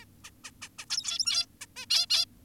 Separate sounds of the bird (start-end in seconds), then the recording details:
0.02-0.05, 0.24-0.30, 0.44-0.51, 0.62-0.69, 0.79-0.85, 0.90-1.46, 1.61-1.66, 1.76-1.86, 1.90-2.06, 2.10-2.26. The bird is an adult. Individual g17y2U